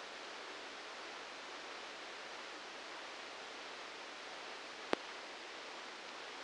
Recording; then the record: brain microelectrode recording played as sound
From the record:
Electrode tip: outside the subthalamic nucleus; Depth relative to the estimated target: -4 mm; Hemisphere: left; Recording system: NeuroSet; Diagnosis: Parkinson's disease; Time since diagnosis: 19 years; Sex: female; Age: 69 years